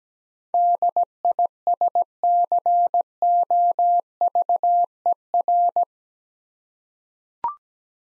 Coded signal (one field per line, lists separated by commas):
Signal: Morse code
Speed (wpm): 17 wpm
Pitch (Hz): 700 Hz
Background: none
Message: DISCOVER